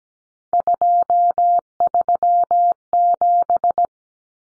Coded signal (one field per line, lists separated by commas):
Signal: Morse code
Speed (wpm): 17 wpm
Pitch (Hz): 700 Hz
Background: none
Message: 237